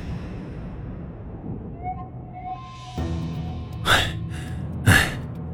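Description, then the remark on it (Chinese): Two sharp, shaky gasping breaths of trembling, frightened breathing about a second apart, echoing in a dark corner of a back courtyard, rising out of a low, steady rumble, with faint tonal whines drifting in beforehand. “颤抖的呼吸声回荡在黑暗的角落，一道惊慌的身影悄然显现在后院一角。”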